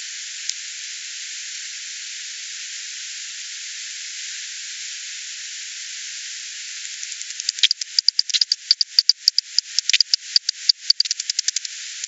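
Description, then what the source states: Bat echolocation pulses: a steady hiss for about seven seconds, then a quick, irregular burst of sharp clicks and ticks through the final five seconds. Recorded 28 September 2020.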